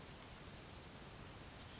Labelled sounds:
Oak Titmouse (Baeolophus inornatus)
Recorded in Sonoma County, California

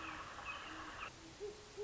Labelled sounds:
Great Horned Owl (Bubo virginianus)
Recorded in Sonoma County, California

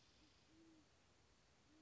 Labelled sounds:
Band-tailed Pigeon (Patagioenas fasciata)
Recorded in Sonoma County, California

